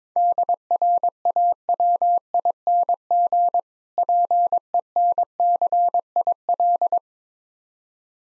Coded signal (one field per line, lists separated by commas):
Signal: Morse code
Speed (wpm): 21 wpm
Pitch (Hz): 700 Hz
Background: none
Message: DRAWING PENCIL